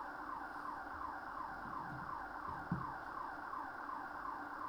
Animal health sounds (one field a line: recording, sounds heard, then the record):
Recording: poultry house recording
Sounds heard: no chicken sound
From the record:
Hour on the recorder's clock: 6